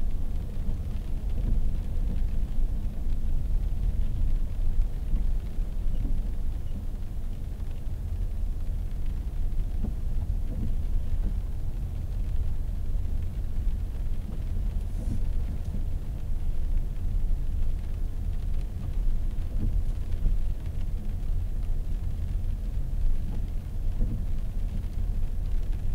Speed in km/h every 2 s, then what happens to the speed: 25, 23, 21, 20, 19, 19, 19, 20, 20, 20, 20, 20, 20.
0-7 slows to 19. 7-26 steady at about 20.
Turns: none.